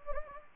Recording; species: mosquito wingbeat signal from an infrared sensor; Anopheles gambiae